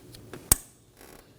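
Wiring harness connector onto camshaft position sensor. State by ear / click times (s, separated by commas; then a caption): seated / 0.5 s. A wiring harness electrical connector is pushed onto a new camshaft position sensor on a 2015-2023 Nissan Maxima. Two faint ticks come before one sharp, loud click at 0.5 s as the connector latches, followed by a soft rustle near 1.0 s. The connector is seated and secure.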